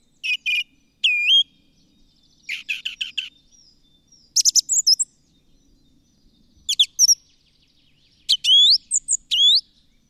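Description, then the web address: Bird song of chattering bursts, upswept whistled notes and quick trills, alternating in varied phrases with short gaps. "madarak enek"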